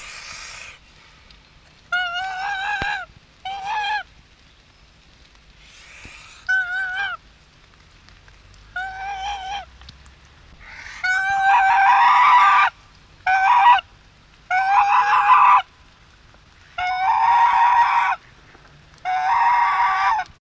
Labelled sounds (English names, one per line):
Swan Goose call